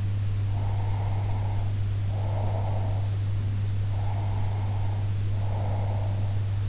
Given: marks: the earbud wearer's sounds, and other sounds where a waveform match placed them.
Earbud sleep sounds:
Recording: sounds in sleep by an in-ear microphone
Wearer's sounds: breath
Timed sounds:
0.54-3.11 s: breath
3.91-6.43 s: breath

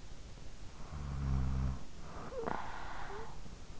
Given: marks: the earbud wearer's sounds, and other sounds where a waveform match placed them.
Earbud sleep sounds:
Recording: sounds in sleep by an in-ear microphone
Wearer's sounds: snoring breath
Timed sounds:
0.31-3.69 s: snoring breath

